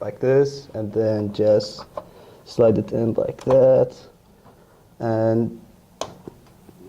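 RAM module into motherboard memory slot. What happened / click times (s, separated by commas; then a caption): The memory module snapped into its slot / 6.0 s. A RAM memory module is pressed down into a motherboard DIMM slot after the slot latch is opened, while someone talks. After a pause, a sharp click at 6.0 s marks the retention clip snapping shut and the module seating.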